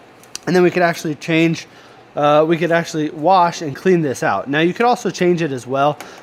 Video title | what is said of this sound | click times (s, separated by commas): Frigidaire 50 Pint Dehumidifier - 4,500 Square Foot Coverage Ideal for Large Rooms and Basements | can see this is the filter. We could pop this off | 0.4 s